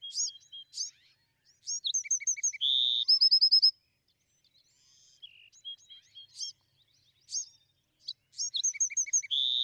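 Bewick's wren delivering tumbling high phrases with buzzy notes and a quick trill, with another phrase starting after a pause.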